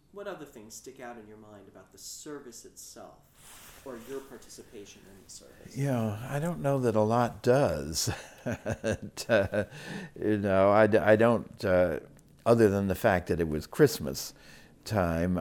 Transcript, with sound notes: what other things stick out in your mind about the service itself? Or your participation in the service?
Yeah, I don't know that a lot does. [Laughs] And --you know -- I don't --- other than the fact that it was Christmas time;